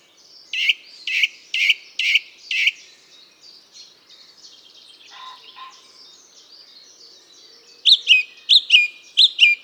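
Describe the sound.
Bird song: five loud, full notes in quick succession, a quieter twittering stretch, then a renewed series of paired high notes repeated rapidly.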